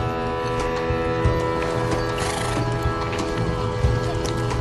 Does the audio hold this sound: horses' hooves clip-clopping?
yes